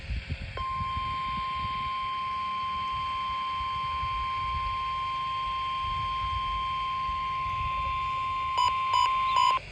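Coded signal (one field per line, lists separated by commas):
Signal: Emergency Alert System (SAME) tones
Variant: 1050 Hz attention tone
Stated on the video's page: Late Required Weekly Test on NOAA weather radio station WWF75.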